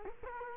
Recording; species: mosquito wingbeat signal from an infrared sensor; Culex quinquefasciatus